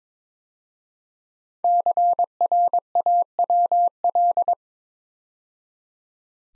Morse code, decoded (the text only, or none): CRAWL